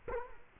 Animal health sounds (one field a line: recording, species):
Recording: mosquito wingbeat signal from an infrared sensor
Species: Culex quinquefasciatus